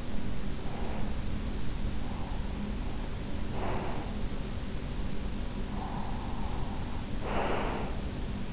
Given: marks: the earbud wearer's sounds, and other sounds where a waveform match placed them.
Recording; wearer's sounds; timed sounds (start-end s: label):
sounds in sleep by an in-ear microphone; breath
0.00-2.35 s: breath
3.45-4.42 s: breath
5.78-8.37 s: breath